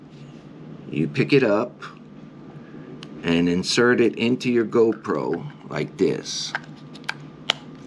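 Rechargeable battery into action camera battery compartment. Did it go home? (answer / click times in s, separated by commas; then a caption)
yes / 7.1 s, 7.5 s. A rechargeable battery is picked up by its tab and inserted into a GoPro action camera's battery compartment while someone talks. Two sharp clicks at 7.1 s and 7.5 s mark the battery seating in the compartment.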